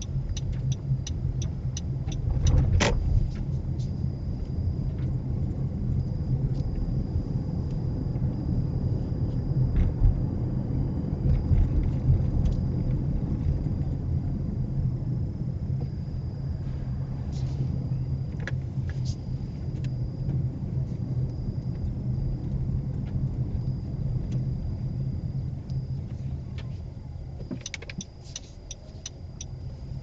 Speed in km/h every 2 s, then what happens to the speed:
19, 24, 29, 34, 35, 32, 23, 18, 18, 23, 23, 19, 10, 6, 15.
0-8 speeds up to 35. 8-14 slows to 18. 18-25 slows to 6.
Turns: none.